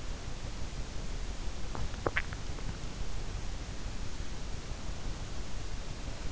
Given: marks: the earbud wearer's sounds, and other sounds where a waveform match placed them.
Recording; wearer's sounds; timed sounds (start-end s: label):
sounds in sleep by an in-ear microphone; swallowing
1.70-2.45 s: swallowing